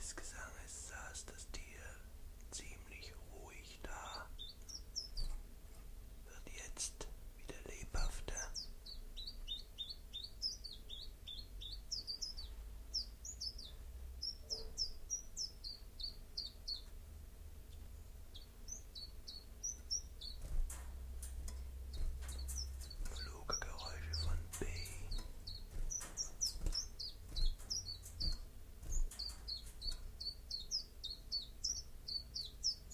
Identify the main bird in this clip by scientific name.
Phylloscopus collybita